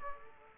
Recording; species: mosquito wingbeat signal from an infrared sensor; Aedes aegypti